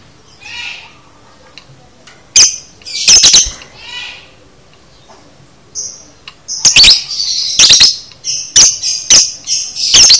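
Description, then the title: Lovebird chatter: soft warbling, then rapid, shrill squeaks and buzzy notes coming in quick succession through the second half. Lovebird chattering (konslet), used as masteran to train lovebirds. "Masteran Lovebird Konslet ! Ampuh !!"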